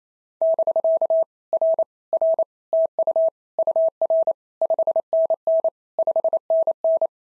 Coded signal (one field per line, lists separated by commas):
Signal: Morse code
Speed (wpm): 28 wpm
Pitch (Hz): 650 Hz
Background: none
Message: <BK> R R TU UR 5NN 5NN